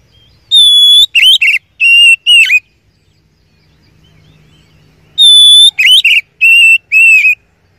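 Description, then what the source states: Oriental magpie-robin song: a long pure steady whistle followed by short warbled notes, the phrase given twice with a few seconds of silence between. First-place champion (juara 1) song, used to train other songbirds (masteran).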